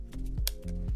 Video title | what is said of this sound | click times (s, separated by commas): Camera and sound info film 002 | So you hear that little click sound. | 0.5 s